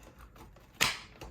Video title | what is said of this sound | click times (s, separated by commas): INSE S610 Cordless Vacuum Review! | and then just for the fun of it i will go ahead and click on this one | 0.8 s